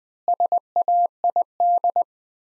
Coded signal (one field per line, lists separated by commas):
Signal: Morse code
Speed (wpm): 20 wpm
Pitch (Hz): 700 Hz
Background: none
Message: SAID